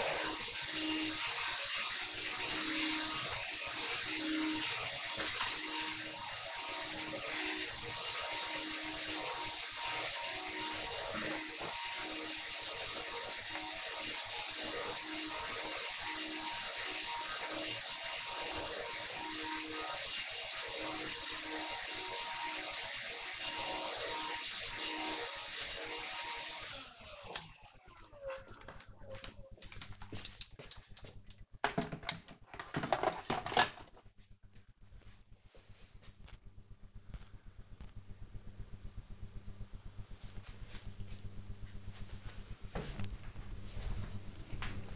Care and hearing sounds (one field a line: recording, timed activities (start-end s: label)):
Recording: household activities, microphone on the right wrist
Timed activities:
0.00-26.18 s: vacuum cleaning